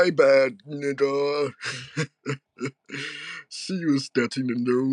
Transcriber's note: laughs